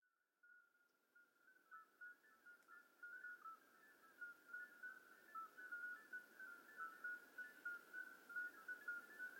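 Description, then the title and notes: Common midwife toad chorus fading in from near silence, then many brief bell-like notes overlapping rapidly, several per second, at close but slightly different pitches. Hundreds of toads giving flute-like calls simultaneously at slightly different pitches in an old disused quarry near Lerouville; calling begins at dusk, continues through the night; recorded just after midnight. "Outskirts of Lerouville. Common Midwife Toads. Recorded by Colin Hunter. Music for Sleep project"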